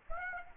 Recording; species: mosquito wingbeat signal from an infrared sensor; Aedes albopictus